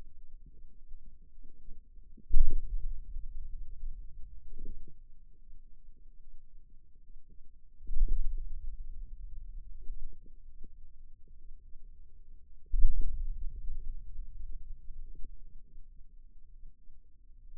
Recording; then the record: forearm muscle sounds (acoustic myography)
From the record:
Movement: hand opening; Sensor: system 2, bracelet of six BSWA MPA416 microphones around the upper forearm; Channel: 1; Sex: male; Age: 22 years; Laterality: right